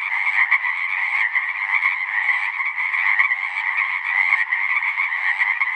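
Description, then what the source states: Many Pacific chorus frogs croak at once, their crisp ribbit-like notes blending into an unbroken, pulsing chorus. Full chorus recorded after dusk; males giving the advertisement call, a distinct kree-eeck or ribbit, to attract females.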